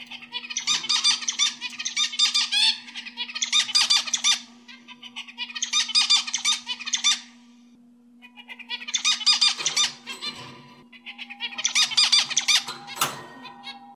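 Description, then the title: Oriental magpie-robin singing dense, fast, chattering and whistled phrases in repeated bursts with brief gaps, a constant low hum underneath and a sharp click near the end. "Kicau Kacer"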